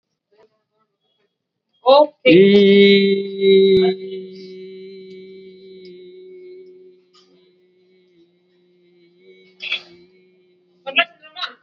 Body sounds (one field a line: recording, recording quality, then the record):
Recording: sustained vowel as in beet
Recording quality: excellent, no background noise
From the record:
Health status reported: COVID-19 positive, mild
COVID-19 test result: positive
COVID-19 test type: RT-PCR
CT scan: not taken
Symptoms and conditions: fever, fatigue, muscle pain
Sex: male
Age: 27 years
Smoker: no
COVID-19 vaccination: both doses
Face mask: worn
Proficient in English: yes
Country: India